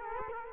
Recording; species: mosquito wingbeat signal from an infrared sensor; Culex quinquefasciatus